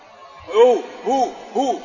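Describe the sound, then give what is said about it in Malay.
A voice chants three short, bark-like "hu" syllables as dhikr, the Islamic chanted remembrance of God. Each swells and falls in pitch, the first is loudest, and brief pauses separate them. “Wa yambahuna nab'akal kilabi, salak mereka itu macam salak anjing pada waktu dia berzikir.”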